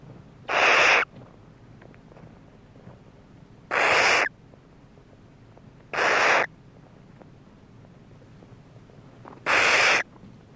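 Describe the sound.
Barn owl uttering four drawn-out, breathy screeches, each roughly half a second long, separated by pauses of about one and a half to three seconds.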